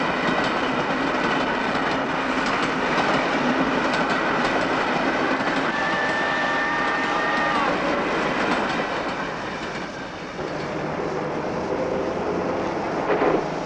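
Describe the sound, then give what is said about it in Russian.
A train rolls past a station with a steady, dense rumble and rhythmic clattering of wheels over rail joints, faint metallic squeals whining above it, the noise easing briefly before swelling again. “Разворачивается, смотрит с холма за поездами.”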